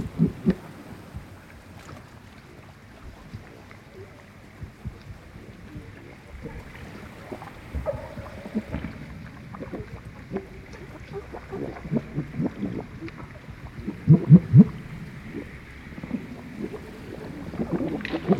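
Underwater near a small boat's hull, grey seals move about amid dense low knocks and clicks, with a louder burst around fourteen seconds.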